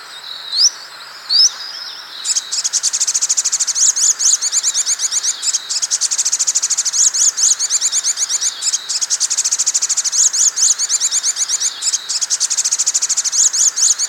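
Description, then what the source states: Songbird song: two rising whistled notes open, then a dense, high, buzzy chattering trill of rapid repeated chirps that pulses in loud bursts throughout. Full set of songbird songs used to train captive songbirds.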